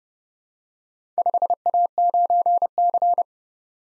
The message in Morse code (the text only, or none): 5A9C